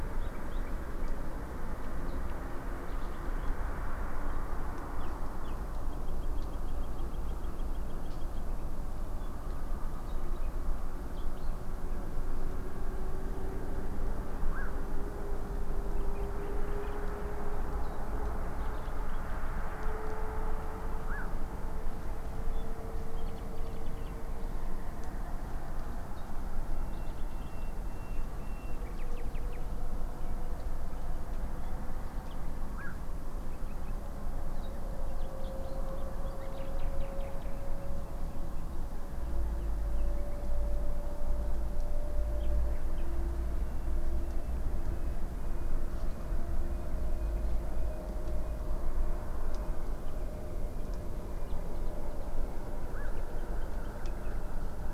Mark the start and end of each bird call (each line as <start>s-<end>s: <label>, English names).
0.21s-0.71s: Common Nightingale
2.08s-2.16s: Cetti's Warbler
2.87s-3.48s: Cetti's Warbler
4.99s-5.54s: Common Nightingale
5.91s-8.43s: Common Nightingale
10.06s-10.16s: Cetti's Warbler
11.13s-11.48s: Cetti's Warbler
14.52s-14.71s: Black-crowned Night-Heron
15.97s-16.96s: Common Nightingale
17.83s-17.95s: Cetti's Warbler
18.56s-19.90s: Cetti's Warbler
21.05s-21.27s: Black-crowned Night-Heron
23.14s-24.66s: Common Nightingale
26.16s-26.26s: Cetti's Warbler
26.74s-29.58s: Common Nightingale
26.92s-27.67s: Cetti's Warbler
32.72s-32.95s: Black-crowned Night-Heron
33.51s-33.93s: Common Nightingale
34.57s-34.69s: Cetti's Warbler
35.17s-35.75s: Cetti's Warbler
36.52s-38.77s: Common Nightingale
39.56s-40.36s: Common Nightingale
42.40s-43.02s: Common Nightingale
43.63s-45.75s: Common Nightingale
46.05s-50.55s: Common Nightingale
51.41s-52.26s: Common Nightingale
52.93s-53.12s: Black-crowned Night-Heron
53.34s-54.32s: Common Nightingale